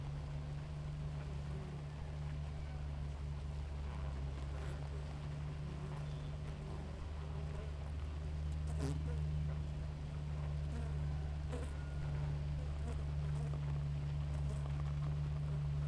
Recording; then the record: honeybee colony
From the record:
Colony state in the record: active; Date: 28 July 2017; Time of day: 5:00